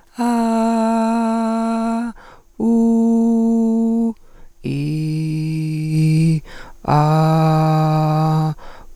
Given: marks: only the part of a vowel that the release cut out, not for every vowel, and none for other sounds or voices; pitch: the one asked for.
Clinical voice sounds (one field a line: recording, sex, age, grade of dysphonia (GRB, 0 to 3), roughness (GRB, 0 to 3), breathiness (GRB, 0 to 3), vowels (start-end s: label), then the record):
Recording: sustained vowels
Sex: female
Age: 30 to 39 years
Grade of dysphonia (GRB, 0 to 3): 0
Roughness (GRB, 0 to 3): 0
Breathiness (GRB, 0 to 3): 0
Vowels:
0.40-1.85 s: vowel /a/, high pitch
2.76-3.98 s: vowel /u/, high pitch
4.81-5.90 s: vowel /i/, low pitch
7.05-8.44 s: vowel /a/, low pitch
From the record:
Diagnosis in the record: healthy voice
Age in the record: 38 years